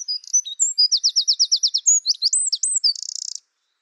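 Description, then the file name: Eurasian wren singing a loud, high, fast song of sharp notes, a rapid rattling trill, more twisting notes and a buzzy trill, ending abruptly. "Troglodytes troglodytes"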